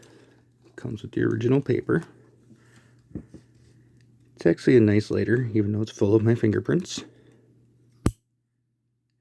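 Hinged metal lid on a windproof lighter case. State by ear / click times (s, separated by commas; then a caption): seated / 8.1 s. Someone talks about a used Zippo 1993 Collectible of the Year, a 1935 Varga Girl Windy windproof lighter, which comes with its original paper and is covered in fingerprints. The hinged metal lid on the brass case is then flipped shut, giving one sharp metallic click at 8.1 s as it snaps closed.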